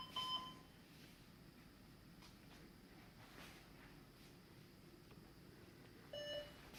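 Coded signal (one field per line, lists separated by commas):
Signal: beep code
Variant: HP BIOS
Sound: one short high beep, quiet room hum, then a lower beep starting at the end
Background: quiet room, fan noise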